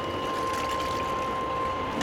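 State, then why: Not seated. Clothes have been loaded into a washing machine and its lid is handled and brought down before being locked. A steady broadband hiss with a constant high tone runs throughout, with no sharp transients and only a slight rise at the very end. The lid has not yet seated or clicked into its lock.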